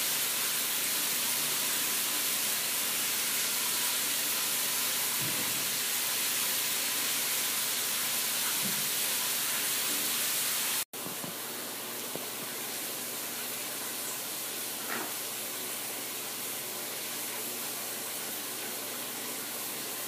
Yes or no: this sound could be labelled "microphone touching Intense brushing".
no